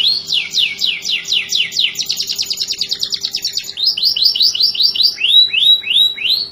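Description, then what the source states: Atlantic canary song: repeated sweeping notes, a fast buzzy trill, then looping whistles in steady succession, over a faint constant low tone. Kenari (canary) in the 'kalitan' style, titled 'gaya gela gelo'.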